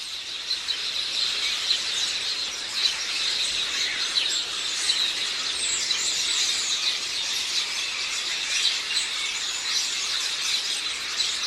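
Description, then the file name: House sparrow chirps, a dense overlapping chatter of many birds throughout, over a steady hiss. "Passer domesticus"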